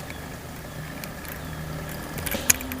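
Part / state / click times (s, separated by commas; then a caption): reel handle/spool into spinning reel body / seated / 2.5 s. A handle or spool is fitted onto the metal and plastic body of a Piscifun Honor spinning reel, with a few faint ticks as it is worked into position. A sharp snap at 2.5 s marks the part locking into place, and it is seated.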